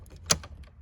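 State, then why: Seated. A replacement metal ignition lock cylinder is slid into the steering-column ignition housing of a 2001 Cadillac DeVille. A few faint ticks surround one sharp, bright click at 0.3 s, followed by a softer tick near 0.4 s. The cylinder locks in place, fully seated in the housing.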